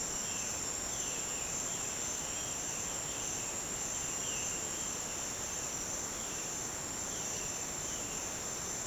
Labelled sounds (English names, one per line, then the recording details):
Violaceous Jay
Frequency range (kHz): Violaceous Jay 2.0-4.1 kHz
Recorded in dense forest near Puerto Asís, Putumayo, Colombia, on 29 June 2025 at 08:00
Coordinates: 0.484, -76.317
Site G045